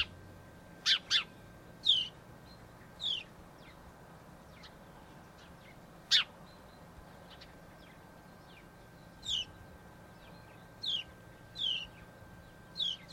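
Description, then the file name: House sparrow chirps, softer and scattered, with a few louder notes among faint calls and a steady low hum. "Passer domesticus"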